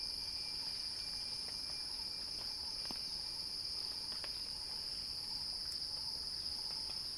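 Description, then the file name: Cicada song, a dense continuous shrill buzz held steady throughout, with a fainter high band above and scattered soft clicks beneath. Cicada song building in a crescendo. "Axel-Drioli Cicada-Crescendo-Sounding-Wild"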